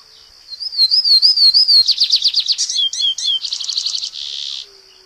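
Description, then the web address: White-collared seedeater singing a high wavering warble, then a rapid run of bright repeated notes, a few dropping slurs and a final buzzy trill. "Songs of Birds of North America Stokes. White-collared Seedeater"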